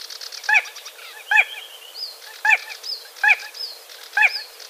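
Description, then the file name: Spotted crake calling, a sharp whiplash-like whistled note repeated about every second, five notes, with faint other bird chirps between. "Voltolino"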